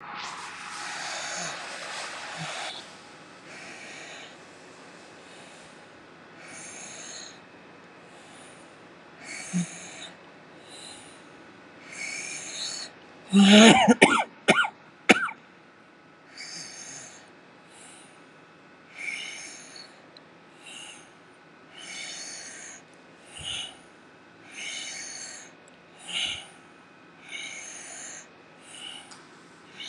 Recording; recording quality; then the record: deep breathing; excellent, no background noise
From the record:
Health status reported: COVID-19 positive, moderate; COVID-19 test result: positive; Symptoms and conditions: cough, cold, fever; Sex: male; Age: 44 years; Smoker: not ticked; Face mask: worn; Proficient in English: yes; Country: India